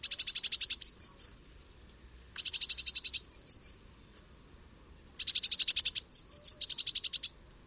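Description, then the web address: Eurasian blue tit giving buzzy, rapid churring calls, each burst followed by a few thin high notes, in three bouts roughly two and a half seconds apart. "cianscape. Deverinetal"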